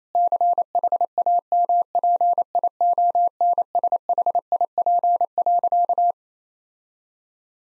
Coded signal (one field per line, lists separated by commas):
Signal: Morse code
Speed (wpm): 28 wpm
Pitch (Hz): 700 Hz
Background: none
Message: CHAMPIONSHIP.